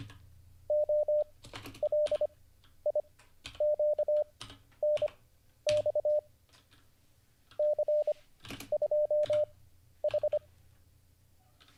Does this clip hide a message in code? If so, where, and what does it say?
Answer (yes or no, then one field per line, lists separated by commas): yes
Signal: Morse code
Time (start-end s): 0.7-10.4 s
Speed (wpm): 25 wpm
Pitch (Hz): 600 Hz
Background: none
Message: OLIQNX C2H